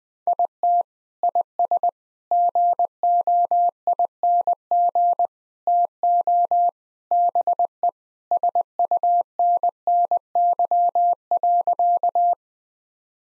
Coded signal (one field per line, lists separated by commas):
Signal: Morse code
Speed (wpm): 21 wpm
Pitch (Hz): 700 Hz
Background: none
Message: IT IS GOING TO BE SUNNY.